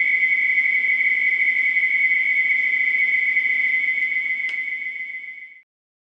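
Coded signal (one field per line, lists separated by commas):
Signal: NAVTEX (SITOR-B)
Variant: 100 baud SITOR-B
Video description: This is a recording of the Navtex startup transmission from Niton on the Isle of Wight. Received frequency is 518KHz.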